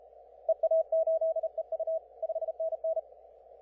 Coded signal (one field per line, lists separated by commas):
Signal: Morse code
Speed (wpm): 35 wpm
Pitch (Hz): 650 Hz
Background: none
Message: EA8EU 5NN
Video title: 20m QRP CW working Iceland